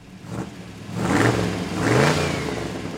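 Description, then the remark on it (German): An old Ford Model T car engine revs up twice in quick succession, its rough mid-pitched rumble swelling loudly each time before settling back to a steady chugging idle. No one speaks. “Das Modell T.”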